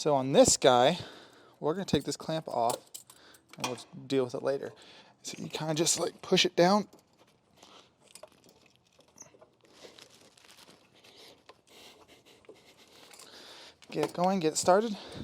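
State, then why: Not seated. Someone talks while a rubber/fibre intercooler boot on a second-gen Cummins is pushed down and wiggled to start it over the intercooler tube, after its clamp has been taken off. Quiet crunching and rubbing sounds come from roughly 8 to 14 seconds, with small sharp sounds at about 8.2, 9.2, 10.0, 11.5, 13.1 and 13.8 seconds. The boot has not popped into place yet.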